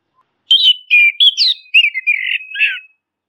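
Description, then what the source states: Orange-headed thrush song, a continuous run of warbled, slurred whistled notes lasting over two seconds, clean with no background. Masteran (training) recording; bird called anis kembang or punglor kembang.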